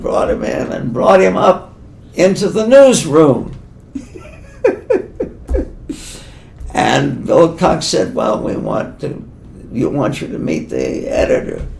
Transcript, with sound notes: And brought him in and brought him up into the newsroom. [laughs] And Bill Cox said, “Well, we want to, we want you to meet the editor,